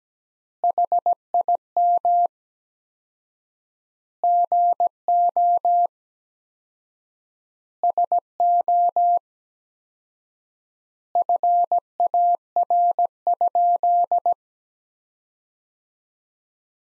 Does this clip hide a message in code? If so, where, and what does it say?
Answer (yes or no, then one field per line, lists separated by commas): yes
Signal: Morse code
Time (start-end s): 0.6-14.3 s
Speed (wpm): 17 wpm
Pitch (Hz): 700 Hz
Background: none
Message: HIM GO SO FAR?